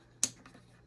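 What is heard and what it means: A plastic bobbin is pressed onto the metal bobbin-winder spindle of a Pfaff Ambition 1.5 sewing machine and clicks into place at 0.2 s with a sharp, bright snap. A much fainter tick follows near 0.5 s before the clip settles back to a quiet hum, leaving the bobbin seated on the spindle.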